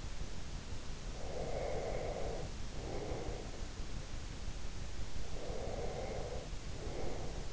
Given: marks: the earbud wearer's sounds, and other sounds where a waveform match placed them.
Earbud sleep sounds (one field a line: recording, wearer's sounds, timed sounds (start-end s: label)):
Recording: sounds in sleep by an in-ear microphone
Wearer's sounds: breath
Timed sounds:
1.19-3.56 s: breath
5.36-7.53 s: breath